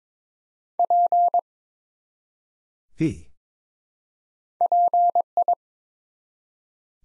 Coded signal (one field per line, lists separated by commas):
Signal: Morse code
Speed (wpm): 23 wpm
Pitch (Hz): 700 Hz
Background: none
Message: P PI